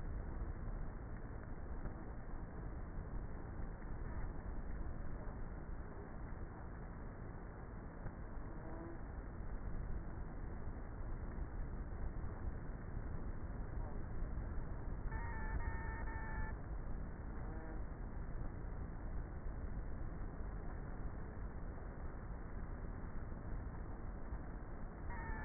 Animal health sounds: honeybee colony, microphone inside the hive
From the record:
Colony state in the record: queenless with a low population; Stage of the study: before two queens were removed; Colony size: about 30,000 bees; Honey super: no

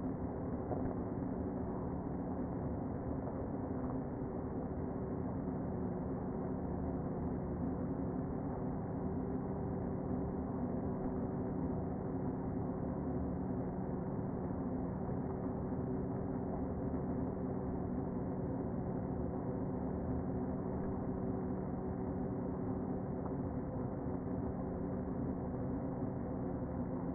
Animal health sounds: honeybee colony, microphone inside the hive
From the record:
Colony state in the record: queen present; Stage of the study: before two queens were removed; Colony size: about 60,000 bees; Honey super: yes

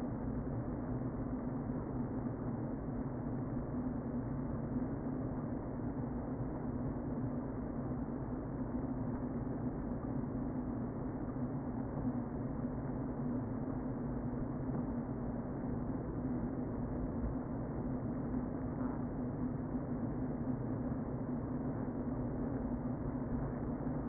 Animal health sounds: honeybee colony, microphone inside the hive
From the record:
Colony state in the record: queen present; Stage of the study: before two queens were removed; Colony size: about 60,000 bees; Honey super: yes

